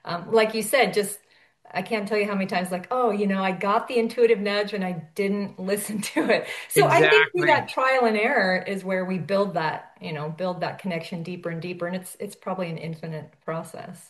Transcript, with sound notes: like you said, just, I can't tell you how many times like, oh, you know, I got the intuitive nudge and I didn't listen to it. (laughs)
Exactly.
So I think through that trial and error is where we build that, you know, build that connection deeper and deeper, and it's, it's probably an infinite process.